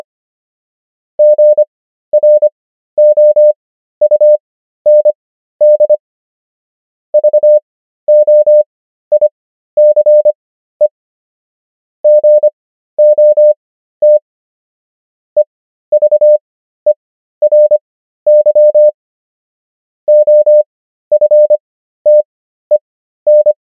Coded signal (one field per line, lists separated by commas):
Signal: Morse code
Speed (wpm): 25 wpm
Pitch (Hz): 600 Hz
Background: none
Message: GROUND VOICE GOT EVERY OFTEN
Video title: morse code practice | 25wpm | 13fw | 500 most common words | ENGLISH